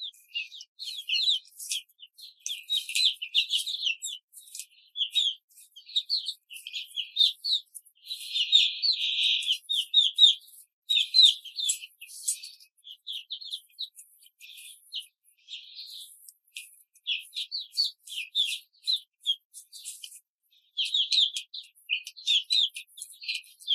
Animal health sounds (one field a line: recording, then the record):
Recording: young laying hens in a cage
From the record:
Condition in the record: control cage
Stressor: none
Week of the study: 5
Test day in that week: 1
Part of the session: 3